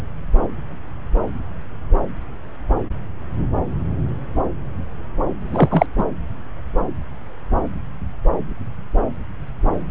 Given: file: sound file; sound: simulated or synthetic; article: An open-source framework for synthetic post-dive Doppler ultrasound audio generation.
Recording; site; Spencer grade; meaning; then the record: Doppler ultrasound audio after a dive; subclavian; 1; Occasional bubble signal discernible with the cardiac motion signal, with majority of cardiac periods free of bubbles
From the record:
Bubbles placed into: full cardiac cycles